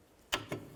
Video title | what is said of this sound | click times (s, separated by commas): How to Replace Rear Brakes 11-14 Chrysler 200 | Like that. Make sure it locks in place. | 0.3 s